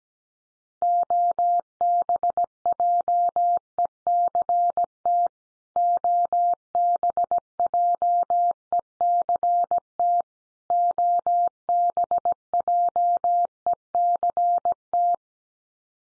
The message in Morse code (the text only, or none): OBJECT OBJECT OBJECT